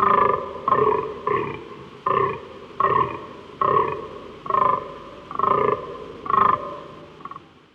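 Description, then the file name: Fallow deer giving a series of harsh, belching groans, each short and rough, repeated roughly once a second with brief pauses, about nine in a row. "Fallow Deer (Dama dama)"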